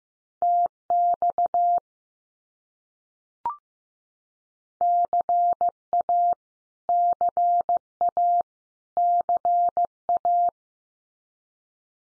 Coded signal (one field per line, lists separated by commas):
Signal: Morse code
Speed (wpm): 15 wpm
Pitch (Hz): 700 Hz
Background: none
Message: TX CA CA CA